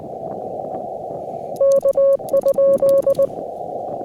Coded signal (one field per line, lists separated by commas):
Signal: Morse code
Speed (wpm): 20 wpm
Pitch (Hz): 550 Hz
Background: radio noise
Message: K?